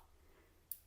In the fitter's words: and it locks in place.